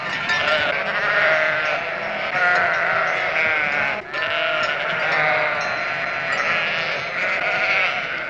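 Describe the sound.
Sheep bleating: a flock calling at once, many overlapping wavering bleats forming a continuous dense chorus throughout.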